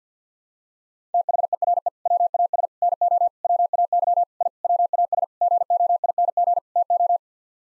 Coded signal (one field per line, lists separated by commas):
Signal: Morse code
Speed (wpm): 50 wpm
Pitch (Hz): 700 Hz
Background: none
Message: THERE WAS NO WAY I WAS GOING TO